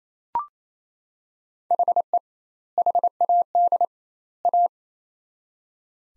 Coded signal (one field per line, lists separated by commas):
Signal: Morse code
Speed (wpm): 28 wpm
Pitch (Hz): 700 Hz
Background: none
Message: HE HAD A